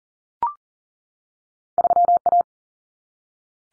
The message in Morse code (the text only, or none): 3A